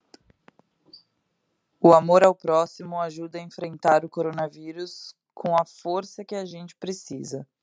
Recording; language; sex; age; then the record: spoken sentence; Brazilian Portuguese; female; 20 to 29 years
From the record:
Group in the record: control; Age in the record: 27 years